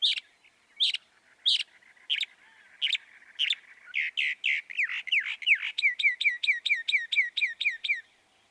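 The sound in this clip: Northern mockingbird song: sharp, harsh notes spaced about every two-thirds of a second, then sweeping notes, then a fast run of repeated chips.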